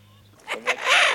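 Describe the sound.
Eurasian wigeon whistling: two short sharp notes, then a longer, loud, arched whistle that rises and falls.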